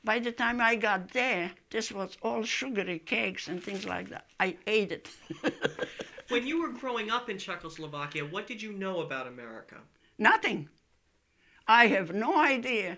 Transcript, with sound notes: By the time I got there, this was all sugary cakes and things like that. I ate it. (laughing)
When you were growing up in Czechoslovakia, what did you know about America?
Nothing. I have no idea.